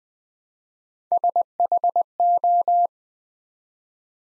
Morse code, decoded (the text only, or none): SHO